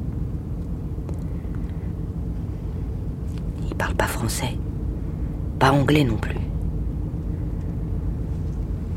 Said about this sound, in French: Et cette voiture, elle ressemble à celle d'un chef d'État. Une vieille Ford.